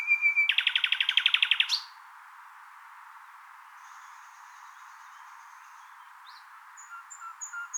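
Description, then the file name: Common nightingale song: a short whistle leading into a rapid, loud trill, then near silence with a few faint, thin whistles toward the end. "Luscinia megarhynchos"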